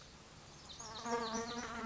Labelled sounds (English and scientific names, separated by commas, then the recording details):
Lazuli Bunting (Passerina amoena)
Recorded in Sonoma County, California